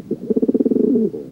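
Dove giving a low coo: a quick series of pulsing notes that merges into a drawn-out, slightly falling hum before stopping abruptly.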